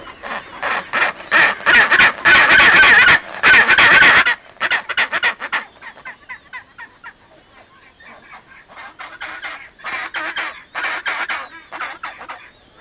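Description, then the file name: Adélie penguin calls: rapid harsh pulsed squawks, a loud braying burst in the first four seconds, then softer repeated chattering pulses, about four per second. Recorded in Antarctica in 1993. "Pygoscelis adeliae 1993"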